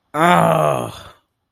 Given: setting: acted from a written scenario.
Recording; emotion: vocal sound without words; pain